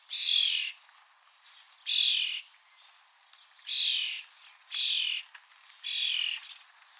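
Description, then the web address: Bird calls: five short, bright chirping bursts, unevenly spaced about one to two seconds apart, over a quiet background. "Bird Only"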